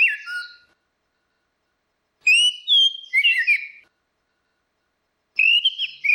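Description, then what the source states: Orange-headed thrush song: short whistled, warbling phrases in separate bursts with quiet gaps of over a second between them. Continuous singing (ngeplong), used for training (masteran).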